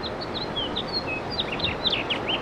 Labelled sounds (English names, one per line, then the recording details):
House Finch song
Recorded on Long Island, New York, on 18 April 2012
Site GC
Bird C